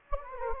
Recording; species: mosquito wingbeat signal from an infrared sensor; Anopheles gambiae